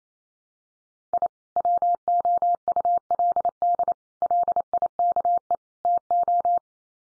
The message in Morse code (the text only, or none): I WOULD LIKE TO